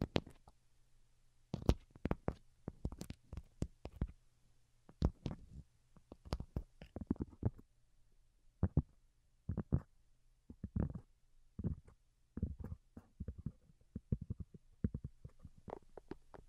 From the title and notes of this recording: Most Delicate and Calming Tapping. (No Talking).